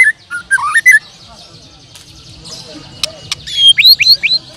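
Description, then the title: Bird calls: a few scattered whistled notes, a quiet gap with faint background chirping, then a run of bright rising whistles. "Kicau Burung"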